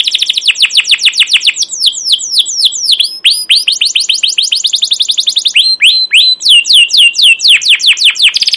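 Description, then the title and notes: Canary song with a long varied series of rapid chirps, sweeping whistles and trills, loud and unbroken across the whole stretch. Captive canary with long, emotional, chattering song used as a training lure (pancingan/masteran) to teach young canaries to sing. "CUIT CUIT NGEROL LANGSUNG GACOR PANJANG Kenari Ini AMPUH Utk Pancingan KENAR. PANCINGAN Kenari GACOR PANJANG Cuit CUIT EMOSI ini AMPUH utk MASTERAN Kenari PAUD belajar BUNYI. burung kenari"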